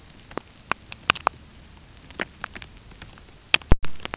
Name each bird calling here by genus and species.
none